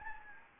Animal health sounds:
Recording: mosquito wingbeat signal from an infrared sensor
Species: Anopheles gambiae

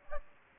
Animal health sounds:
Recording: mosquito wingbeat signal from an infrared sensor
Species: Aedes aegypti

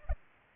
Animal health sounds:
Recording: mosquito wingbeat signal from an infrared sensor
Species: Culex pipiens

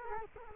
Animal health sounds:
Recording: mosquito wingbeat signal from an infrared sensor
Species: Culex quinquefasciatus

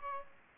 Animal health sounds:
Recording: mosquito wingbeat signal from an infrared sensor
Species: Aedes aegypti

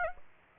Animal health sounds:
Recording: mosquito wingbeat signal from an infrared sensor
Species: Aedes aegypti

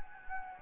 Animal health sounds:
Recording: mosquito wingbeat signal from an infrared sensor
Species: Anopheles gambiae

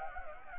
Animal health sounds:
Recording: mosquito wingbeat signal from an infrared sensor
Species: Anopheles gambiae

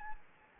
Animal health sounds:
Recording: mosquito wingbeat signal from an infrared sensor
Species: Anopheles gambiae

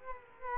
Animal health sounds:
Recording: mosquito wingbeat signal from an infrared sensor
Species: Culex quinquefasciatus

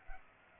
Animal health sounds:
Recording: mosquito wingbeat signal from an infrared sensor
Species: Culex pipiens

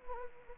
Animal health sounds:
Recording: mosquito wingbeat signal from an infrared sensor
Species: Anopheles gambiae

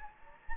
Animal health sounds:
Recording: mosquito wingbeat signal from an infrared sensor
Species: Anopheles gambiae

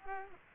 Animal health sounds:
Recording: mosquito wingbeat signal from an infrared sensor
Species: Culex pipiens

